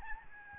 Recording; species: mosquito wingbeat signal from an infrared sensor; Aedes albopictus